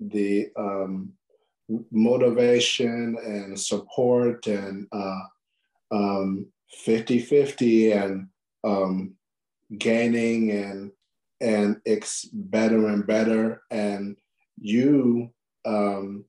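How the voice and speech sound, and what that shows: Halting speech from an adult male stroke survivor with aphasia: isolated content words strung together with 'and', long pauses and 'um' fillers, typical of nonfluent aphasia.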